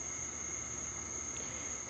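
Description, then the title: Cricket song heard as an unbroken high-pitched ringing trill, steady in pitch and loudness, with soft background hum. "Cricket Therapy"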